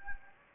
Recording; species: mosquito wingbeat signal from an infrared sensor; Anopheles gambiae